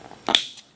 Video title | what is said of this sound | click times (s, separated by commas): Milwaukee 2860 friction ring install | we go you heard that snap because the rubber ring the the ring passed so now we're going to pick it up | 0.3 s, 0.4 s